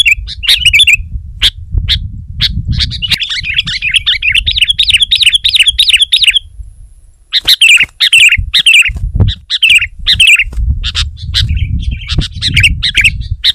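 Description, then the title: Sooty-headed bulbul delivering a long, busy run of bubbling warbled notes, then choppy chirps, against a low rumble. "kutilang"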